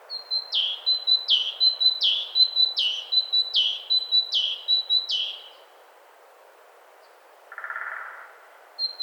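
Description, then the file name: Great tit song of repeated two-note phrases, high then low, delivered in a brisk burst of about seven phrases before stopping, with a faint lower sound afterward. "Parus major"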